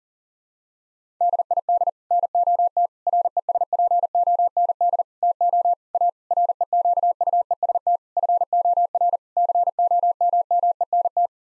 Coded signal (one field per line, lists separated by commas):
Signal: Morse code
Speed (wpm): 37 wpm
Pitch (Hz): 700 Hz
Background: none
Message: DID NOT RESPOND TO A REQUEST FOR COMMENT